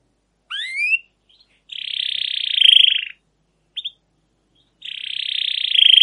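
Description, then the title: Canary song: a rising whistled note, then a long buzzy rolled trill lasting about a second and a half, a brief chirp pair, and another buzzy roll. Long 'gacor' canary song with 'cuit cuit' notes and 'ngerol' rolling trills, used as master lure material to train and prompt other canaries. "CUIT CUIT NGEROL LANGSUNG GACOR PANJANG Kenari Utk Pancingan KENAR. Masteran Suara Burung Kenari Gacor Panjang cuit cuit Ngerol untuk Pancingan Kenari"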